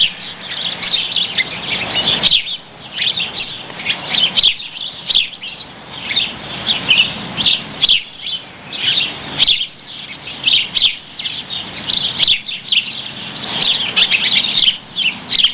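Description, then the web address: Birds chirping in a dense chorus: many overlapping high twitters and tweets, continuing throughout. "Soundsation. Animals Birds"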